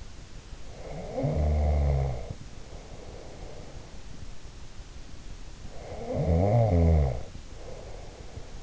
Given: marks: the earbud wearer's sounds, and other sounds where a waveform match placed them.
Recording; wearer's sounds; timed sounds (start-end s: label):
sounds in sleep by an in-ear microphone; snoring breath
0.80-3.98 s: snoring breath
5.72-8.63 s: snoring breath